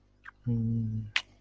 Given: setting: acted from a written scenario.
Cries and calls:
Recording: vocal sound without words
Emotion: romantic love

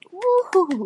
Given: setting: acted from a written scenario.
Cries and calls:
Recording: vocal sound without words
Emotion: pride

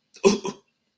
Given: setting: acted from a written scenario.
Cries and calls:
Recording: vocal sound without words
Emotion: guilt

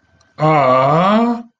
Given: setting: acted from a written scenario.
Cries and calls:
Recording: vocal sound without words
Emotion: adoration

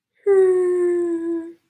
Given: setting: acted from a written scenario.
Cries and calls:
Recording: vocal sound without words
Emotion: disappointment

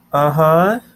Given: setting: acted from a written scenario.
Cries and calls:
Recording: vocal sound without words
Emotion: guilt

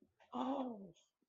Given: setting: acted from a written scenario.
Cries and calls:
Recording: vocal sound without words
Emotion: pain

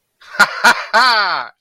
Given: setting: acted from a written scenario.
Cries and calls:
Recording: vocal sound without words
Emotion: triumph

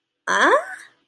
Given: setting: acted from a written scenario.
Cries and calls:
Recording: vocal sound without words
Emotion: confusion

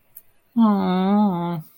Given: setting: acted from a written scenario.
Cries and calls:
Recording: vocal sound without words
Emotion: sympathy

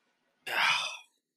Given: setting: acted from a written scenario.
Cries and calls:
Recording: vocal sound without words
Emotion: shame

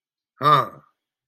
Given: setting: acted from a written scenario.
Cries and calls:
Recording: vocal sound without words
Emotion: negative surprise

